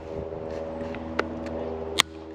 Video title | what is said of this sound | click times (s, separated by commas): IWI Carmel Rifle Review (Does It Eclipse The Competition?) | see I had to kind of click it now | 2.0 s